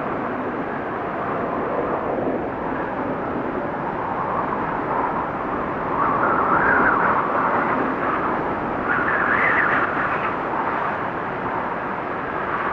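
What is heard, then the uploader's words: Blizzard wind roars in a dense, steady rush, swelling louder around six and again near nine seconds with brighter whistling gusts. Blizzard Wind Cold 8 Hour Sleep Sound Meditation.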